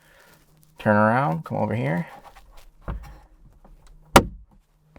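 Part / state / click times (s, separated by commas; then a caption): targa roof panel latch lever locking onto its body latch / seated / 4.2 s. Someone talks, then the second targa roof panel latch lever on a Corvette C8 Coupe is pushed home onto its body latch. A loud, sharp click at 4.2 s marks the lever locking, and the roof panel is seated.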